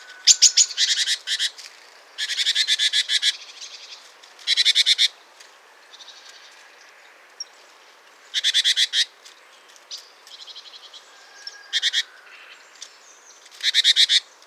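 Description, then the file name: Great tit giving loud, rasping churr calls in repeated bursts, some doubled, at irregular intervals, with soft high chips in between. "Parus major"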